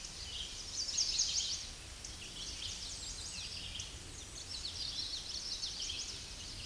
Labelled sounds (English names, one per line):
Common Yellowthroat song